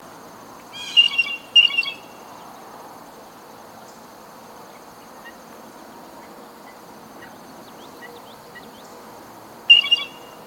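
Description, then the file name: Blue jay calls, a pair of harsh, noisy notes near the start and another about eight seconds later, over a steady background hiss. "Cyanocitta cristata - Blue Jay"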